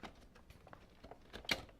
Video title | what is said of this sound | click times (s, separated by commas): CS Go themed PC completed, Custom PC build, computer mod | Snaps right in there. | 1.5 s